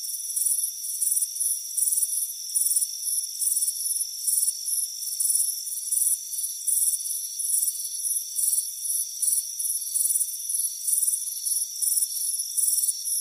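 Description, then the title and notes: Cricket chirps, steady quick high pulsed bursts close together, over a constant shrill drone. Warm afternoon on a front porch; crickets chirping. "Soothing Crickets Chirping Sound. It's a warm afternoon as you relax in a hammock on the front porch. Relax and fall asleep to the soothing sound of chirping crickets. Deep Sleep Sounds"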